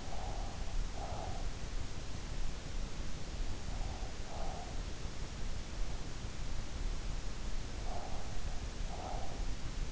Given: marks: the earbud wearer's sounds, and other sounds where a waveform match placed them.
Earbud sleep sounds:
sounds in sleep by an in-ear microphone; breath
0.00-1.76 s: breath
4.04-5.10 s: breath
7.83-9.85 s: breath

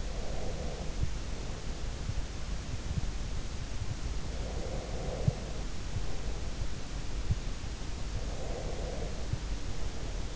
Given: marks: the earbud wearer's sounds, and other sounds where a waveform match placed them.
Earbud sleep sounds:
sounds in sleep by an in-ear microphone; breath
0.00-1.91 s: breath
4.22-6.53 s: breath
8.19-10.36 s: breath

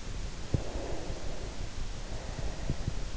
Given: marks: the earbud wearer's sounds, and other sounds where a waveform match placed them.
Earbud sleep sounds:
sounds in sleep by an in-ear microphone; breath
0.47-3.14 s: breath

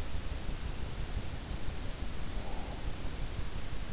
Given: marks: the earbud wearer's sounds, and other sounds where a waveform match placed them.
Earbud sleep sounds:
sounds in sleep by an in-ear microphone; breath
1.78-3.40 s: breath

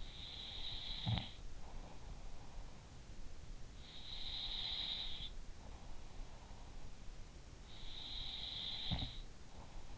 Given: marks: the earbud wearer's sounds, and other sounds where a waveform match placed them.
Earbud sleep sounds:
sounds in sleep by an in-ear microphone; snoring breath
0.00-3.01 s: snoring breath
3.73-7.03 s: sound from someone else or the room
7.68-9.98 s: sound from someone else or the room

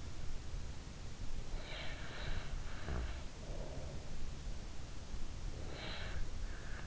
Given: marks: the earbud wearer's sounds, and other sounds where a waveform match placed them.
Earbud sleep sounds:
sounds in sleep by an in-ear microphone; snoring breath
1.58-4.23 s: snoring breath
5.69-6.23 s: snoring breath

